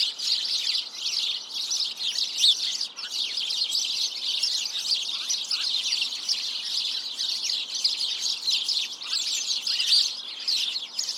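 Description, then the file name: House sparrow flock calling, countless overlapping chirps forming a steady noisy chatter throughout. "Passer domesticus"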